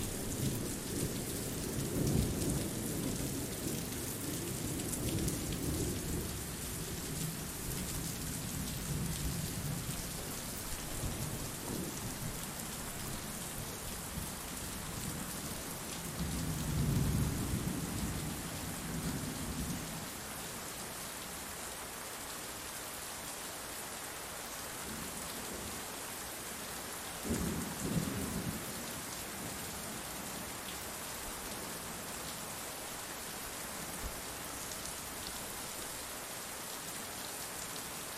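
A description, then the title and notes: Steady rain falls throughout, a dense, even hiss with fine pattering across the top. Low rumbling swells come and go in the first twenty seconds, strongest around 2 and 17 seconds, with another brief low surge near 28 seconds, like distant thunder. Rain Sounds.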